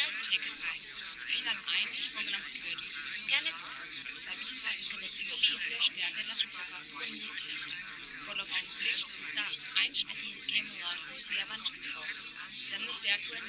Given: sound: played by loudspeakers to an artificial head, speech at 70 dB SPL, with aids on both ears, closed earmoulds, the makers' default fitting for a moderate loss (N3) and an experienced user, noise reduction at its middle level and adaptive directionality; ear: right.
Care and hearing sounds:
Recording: speech test signal (ISTS) in cocktail-party noise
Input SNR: -6 dB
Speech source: on the right (90 degrees)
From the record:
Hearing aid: class 2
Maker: H

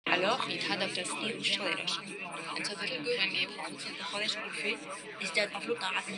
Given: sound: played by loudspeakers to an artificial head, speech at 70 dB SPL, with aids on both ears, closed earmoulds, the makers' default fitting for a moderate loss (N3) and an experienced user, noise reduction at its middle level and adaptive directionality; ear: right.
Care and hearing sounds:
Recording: speech test signal (ISTS) in cocktail-party noise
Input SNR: -6 dB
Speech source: on the right (90 degrees)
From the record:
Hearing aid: class 2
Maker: I

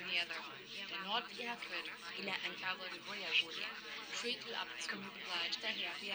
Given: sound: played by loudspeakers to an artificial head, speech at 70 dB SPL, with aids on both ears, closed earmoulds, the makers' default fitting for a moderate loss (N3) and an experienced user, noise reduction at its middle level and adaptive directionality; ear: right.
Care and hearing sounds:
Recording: speech test signal (ISTS) in cocktail-party noise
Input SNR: -3 dB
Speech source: on the right (90 degrees)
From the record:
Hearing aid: class 2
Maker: F

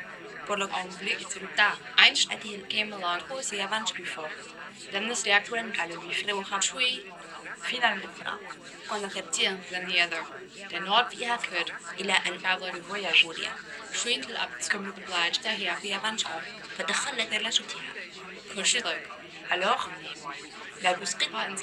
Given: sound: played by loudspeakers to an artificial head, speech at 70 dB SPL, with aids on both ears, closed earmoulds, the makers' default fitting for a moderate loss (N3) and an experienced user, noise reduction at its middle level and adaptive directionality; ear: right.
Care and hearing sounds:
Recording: speech test signal (ISTS) in cocktail-party noise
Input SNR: +3 dB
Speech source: in front (0 degrees)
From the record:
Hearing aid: class 2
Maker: E

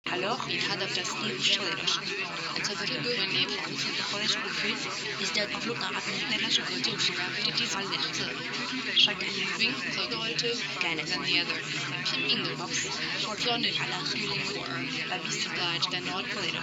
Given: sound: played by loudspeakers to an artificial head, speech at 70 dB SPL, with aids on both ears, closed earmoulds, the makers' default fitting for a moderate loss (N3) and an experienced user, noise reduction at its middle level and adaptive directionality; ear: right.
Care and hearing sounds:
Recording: speech test signal (ISTS) in cocktail-party noise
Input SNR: -6 dB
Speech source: on the right (90 degrees)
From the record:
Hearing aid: class 1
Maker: A

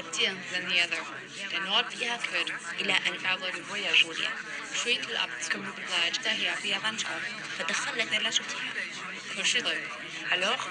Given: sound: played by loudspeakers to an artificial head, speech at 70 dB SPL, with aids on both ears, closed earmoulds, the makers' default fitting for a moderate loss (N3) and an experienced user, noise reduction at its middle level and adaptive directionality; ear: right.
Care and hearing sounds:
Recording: speech test signal (ISTS) in cocktail-party noise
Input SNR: -3 dB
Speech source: on the right (90 degrees)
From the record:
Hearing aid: class 2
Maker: G

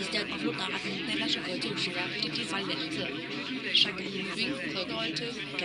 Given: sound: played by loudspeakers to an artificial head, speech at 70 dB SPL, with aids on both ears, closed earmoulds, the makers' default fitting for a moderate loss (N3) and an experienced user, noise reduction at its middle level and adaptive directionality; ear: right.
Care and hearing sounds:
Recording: speech test signal (ISTS) in cocktail-party noise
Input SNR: -6 dB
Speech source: on the right (90 degrees)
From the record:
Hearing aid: class 2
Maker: D

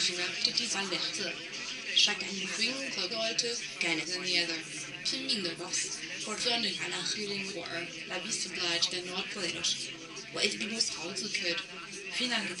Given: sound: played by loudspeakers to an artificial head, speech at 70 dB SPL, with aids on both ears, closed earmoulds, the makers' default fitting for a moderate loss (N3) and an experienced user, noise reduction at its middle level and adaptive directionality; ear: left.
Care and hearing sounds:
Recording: speech test signal (ISTS) in cocktail-party noise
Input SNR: +6 dB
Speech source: on the right (90 degrees)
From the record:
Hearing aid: class 1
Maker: B

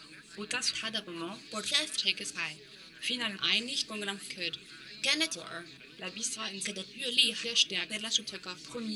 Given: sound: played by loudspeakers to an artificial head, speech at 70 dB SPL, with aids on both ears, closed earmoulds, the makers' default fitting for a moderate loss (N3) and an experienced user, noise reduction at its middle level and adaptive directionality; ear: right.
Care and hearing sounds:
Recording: speech test signal (ISTS) in cocktail-party noise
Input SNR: +9 dB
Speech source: on the right (90 degrees)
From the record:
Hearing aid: class 2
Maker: J

